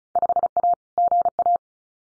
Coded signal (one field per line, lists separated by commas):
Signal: Morse code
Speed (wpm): 36 wpm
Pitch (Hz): 700 Hz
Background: none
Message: 5A GA